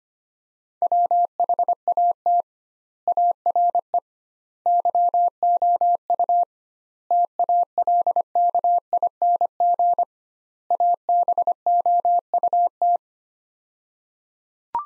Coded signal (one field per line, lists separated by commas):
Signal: Morse code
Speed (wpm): 25 wpm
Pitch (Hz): 700 Hz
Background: none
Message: WHAT ARE YOU TALKING ABOUT